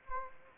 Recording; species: mosquito wingbeat signal from an infrared sensor; Anopheles gambiae